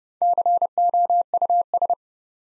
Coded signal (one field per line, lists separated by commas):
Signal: Morse code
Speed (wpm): 30 wpm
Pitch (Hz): 700 Hz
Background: none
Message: COUS